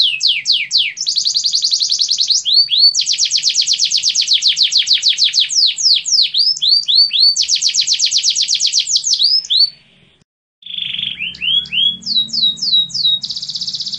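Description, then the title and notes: Atlantic Canary song, long rapid trills alternating with sweeping notes, a short silence, then lower rolling notes and high trills resume. Canary master song used for training other canaries. "Suara Burung Kenari Masteran. master suara burung kenari mantap"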